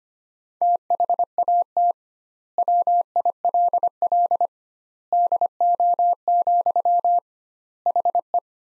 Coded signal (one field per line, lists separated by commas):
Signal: Morse code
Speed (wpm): 25 wpm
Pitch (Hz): 700 Hz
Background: none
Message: THAT WILL DO, HE